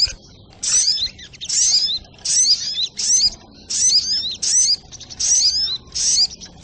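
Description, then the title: Little Spiderhunter: high, bright chirping phrases, repeated at a steady pace with short gaps. Training recording (masteran) of the sogok ontong's song, labelled 'labaik'. "Masteran Burung Sogok Ontong Labaik"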